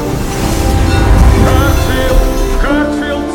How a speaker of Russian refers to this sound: Прибываем в Хартфилд. Пыхая паром, поезд подъезжает к полустанку.